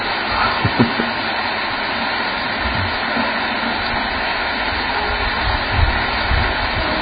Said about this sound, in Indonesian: Masih kedengaran ya? Salam, masih kedengar. Bersaing dengan suara hujan.